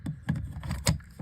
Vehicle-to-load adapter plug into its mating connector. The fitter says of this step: and you can hear it lock in.